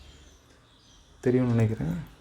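An SR626SW button cell is being fitted into a quartz watch movement's retaining clip during a battery change done with a knife. Nothing has seated or clicked yet. Quiet background noise is heard until about 1.2 s, when someone talks briefly.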